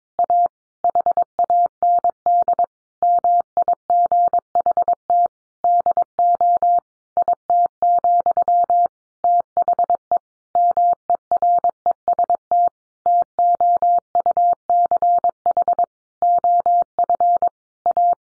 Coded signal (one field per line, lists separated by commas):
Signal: Morse code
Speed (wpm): 22 wpm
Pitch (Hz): 700 Hz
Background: none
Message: A HAND MIGHT DO IT, THE MEREST TOUCH OF A